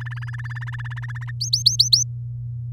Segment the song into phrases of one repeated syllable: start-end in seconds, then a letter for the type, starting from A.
0.00-1.31 A, 1.40-2.03 B